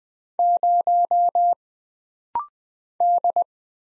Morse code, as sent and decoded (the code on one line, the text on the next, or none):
----- / -..
0 D